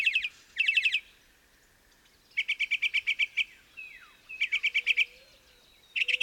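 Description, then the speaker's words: Northern Mockingbird song: short bright phrases, each a rapid run of repeated notes, separated by pauses. Lone male singing from his perch in semi-darkness before dawn, on the trail to the Window, Big Bend. "In the semi-darkness, a lone mockingbird serenades us as we pass by his perch."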